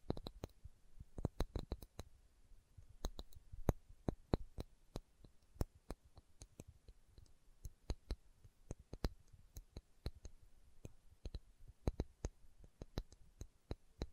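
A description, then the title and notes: Slow, unhurried tapping: crisp clicky taps in loose clusters, roughly a couple per second, over a faint steady hiss between them. ASMR Slow Tapping for Deep Sleep (No Talking).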